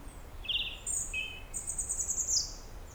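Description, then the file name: European robin song of sweet, high trilled notes, one brief phrase after another, ending in a long shimmering high trill. "Erithacus rubecula"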